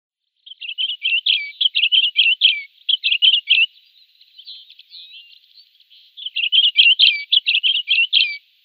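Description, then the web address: Crimson-winged finch song: two long runs of rapid, high, twittering chirped notes, separated by a softer warbling stretch. "Schulze Peter Crimson-winged Finch song"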